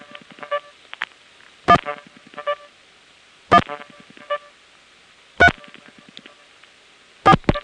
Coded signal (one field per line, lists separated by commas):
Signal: DTMF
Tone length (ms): 70 ms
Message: 1 1 3 4